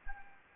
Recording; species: mosquito wingbeat signal from an infrared sensor; Anopheles gambiae